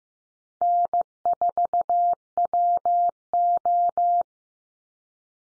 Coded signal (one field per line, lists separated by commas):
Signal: Morse code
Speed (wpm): 15 wpm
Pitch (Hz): 700 Hz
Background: none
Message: N4WO